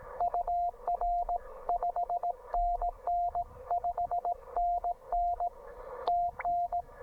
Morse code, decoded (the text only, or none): UR 5NN 5NN TN